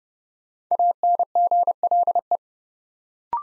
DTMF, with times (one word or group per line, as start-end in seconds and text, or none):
none